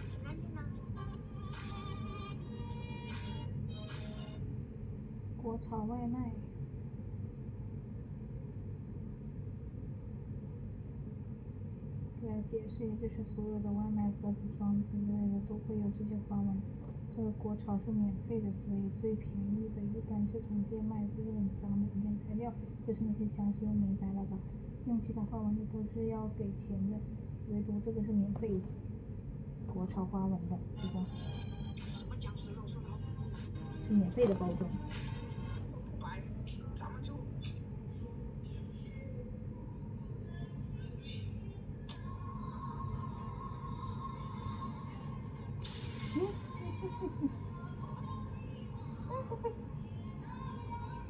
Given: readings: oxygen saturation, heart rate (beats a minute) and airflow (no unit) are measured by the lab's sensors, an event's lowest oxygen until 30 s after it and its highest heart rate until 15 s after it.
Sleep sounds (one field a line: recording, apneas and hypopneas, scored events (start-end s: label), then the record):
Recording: a person awake in a sleep study, by a smartphone at the bedside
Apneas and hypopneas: none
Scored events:
0.00-51.10 s: awake
0.00-51.10 s: awake
From the record:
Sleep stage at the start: awake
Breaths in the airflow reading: 19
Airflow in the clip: -0.7 to 0.8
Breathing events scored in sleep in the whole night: 496 in 5.4 hours asleep